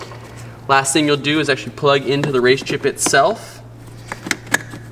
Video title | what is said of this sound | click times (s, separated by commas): Infiniti Q50 3.0T RaceChip Installation | ahead and push the purple until it snaps next | 4.6 s